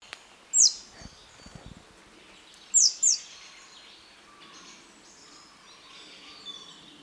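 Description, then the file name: Great tit giving piercing, steeply falling high notes, one alone then a close pair about two seconds later, with quiet bird twitter and soft taps behind. "Parus major"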